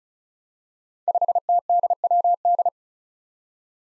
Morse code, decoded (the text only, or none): 5TDWD